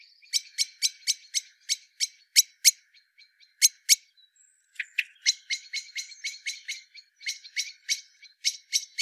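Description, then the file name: Eurasian blackbird calls: sharp, metallic chinking notes repeated several times a second in irregular bursts, with a brief thin whistle midway through. "Turdus merula"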